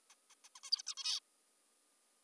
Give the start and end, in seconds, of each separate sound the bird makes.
0.10-0.14, 0.31-0.34, 0.44-0.49, 0.56-0.60, 0.64-0.70, 0.72-0.82, 0.87-0.94, 0.97-1.20